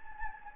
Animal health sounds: mosquito wingbeat signal from an infrared sensor; Anopheles gambiae

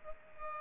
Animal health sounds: mosquito wingbeat signal from an infrared sensor; Culex pipiens

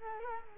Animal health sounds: mosquito wingbeat signal from an infrared sensor; Culex quinquefasciatus

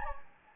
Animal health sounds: mosquito wingbeat signal from an infrared sensor; Anopheles gambiae

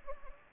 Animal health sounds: mosquito wingbeat signal from an infrared sensor; Anopheles gambiae

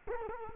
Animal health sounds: mosquito wingbeat signal from an infrared sensor; Culex quinquefasciatus

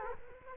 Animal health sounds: mosquito wingbeat signal from an infrared sensor; Culex quinquefasciatus

